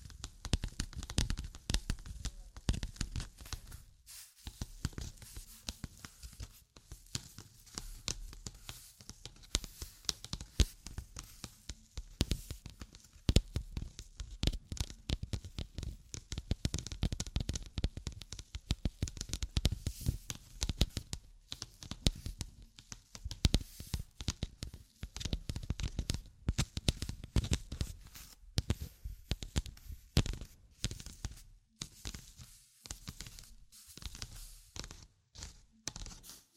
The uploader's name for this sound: Tapping, Scratching, Tracing and Panning